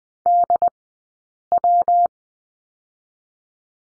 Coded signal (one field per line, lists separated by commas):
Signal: Morse code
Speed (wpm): 20 wpm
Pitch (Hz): 700 Hz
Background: none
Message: DW